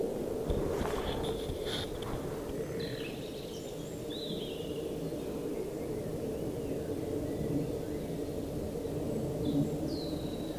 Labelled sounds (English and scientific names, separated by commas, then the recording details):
Common Nightingale (Luscinia megarhynchos) song
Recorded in the wild
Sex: male
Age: adult
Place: Waldsieversdorf, Rotes Luch, Brandenburg, DE
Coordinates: 52.5222, 14.0303
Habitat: garden
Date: 1992-04-30 13:15
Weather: fair, 15°C
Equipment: Aiwa HD-S1, Sennheiser ME 80, Hochpass 1000 Hz
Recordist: Frommolt, Karl-Heinz